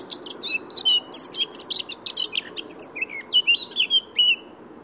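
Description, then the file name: Eurasian blackcap warbling a quick, varied run of chirps, chatters and short fluty whistles, the notes jumping up and down in pitch without pause. "Sylvia atricapilla"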